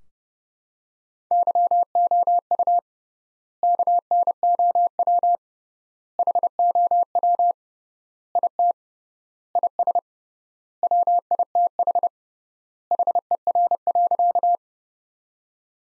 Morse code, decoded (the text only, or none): YOU KNOW HOW IT IS WITH HER.